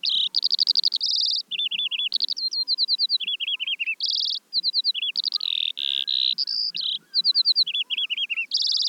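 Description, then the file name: Eurasian skylark singing a rapid, varied warble of buzzy trills, chirped runs and high whistled notes without pause. "veldleeuwerik"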